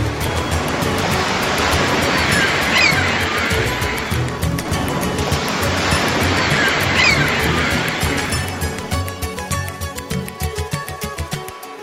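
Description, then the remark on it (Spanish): Ocean waves break on rocks in two loud, roaring surges of hissing white noise, each swelling and washing away before the sound settles into a quieter, fizzing lull with faint tones near the end. “Contemplo el mar y no me muero”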